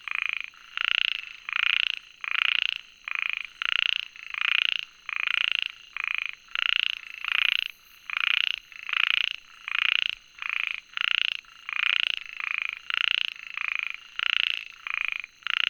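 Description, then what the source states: Frog calling in a long regular series of rasping pulsed croaks, about eighty a minute, evenly spaced with brief gaps between. Recorded 22 June 2019.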